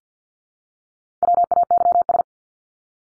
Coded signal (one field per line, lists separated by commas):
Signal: Morse code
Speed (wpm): 48 wpm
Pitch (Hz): 700 Hz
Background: none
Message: WAYS